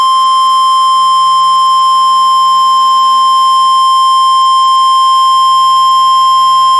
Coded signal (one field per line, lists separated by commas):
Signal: Emergency Alert System (SAME) tones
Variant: 1050 Hz attention tone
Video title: Buncha Floodz.... - EAS Alerts From 2/28/21 (EAS #179 - #187)